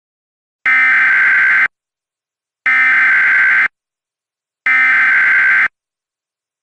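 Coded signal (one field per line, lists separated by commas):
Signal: Emergency Alert System (SAME) tones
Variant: header bursts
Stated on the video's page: Reenacted mock EAS alert for a tornado emergency, with valid EAS tones.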